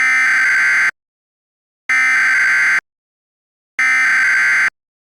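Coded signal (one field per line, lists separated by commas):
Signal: Emergency Alert System (SAME) tones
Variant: header bursts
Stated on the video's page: Fictional scenario alert.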